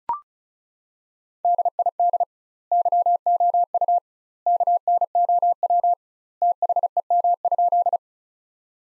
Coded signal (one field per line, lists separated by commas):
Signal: Morse code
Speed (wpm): 34 wpm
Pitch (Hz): 700 Hz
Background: none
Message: DID YOU KNOW THEM?